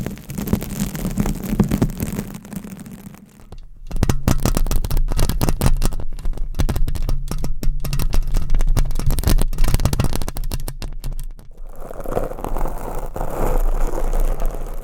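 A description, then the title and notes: Microphone scratching, heard as dense rough rubbing and quick scraping strokes that crackle across the range. A low hum sits underneath for the first few seconds, then a brief lull near four seconds before heavy scratching resumes, easing into a softer, muffled rustle after twelve seconds. ASMR Mic Scratching - Brain Scratching with 20 MICS No Talking for Sleep with Long Nails.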